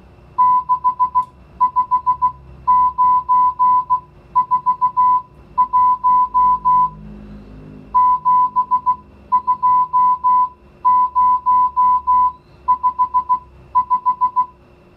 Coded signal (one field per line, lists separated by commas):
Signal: Morse code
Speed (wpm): 16 wpm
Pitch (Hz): 1000 Hz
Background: music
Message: 65941 72055